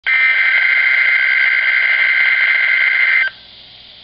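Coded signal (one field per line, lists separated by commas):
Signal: Emergency Alert System (SAME) tones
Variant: header bursts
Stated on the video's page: NOAA Weather Radio rebroadcast of a severe thunderstorm watch from the NWS Philadelphia/Mount Holly transmitter at Sudlersville, Maryland, resent after the station went offline.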